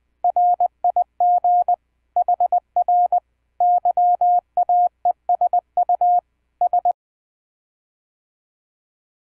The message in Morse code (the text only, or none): RIG HR YAESU S